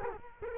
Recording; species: mosquito wingbeat signal from an infrared sensor; Culex quinquefasciatus